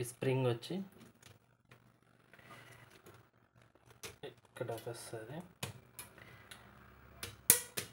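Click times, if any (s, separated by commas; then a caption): 7.5 s. Someone talks while fitting a spring into the fuser unit of an HP LaserJet 1005 MFP laser printer during a fuser change and service, with light handling taps along the way. The part is pushed home and a sharp click at 7.5 s locks it into place.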